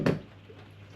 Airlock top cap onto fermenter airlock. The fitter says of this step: That should snap into place.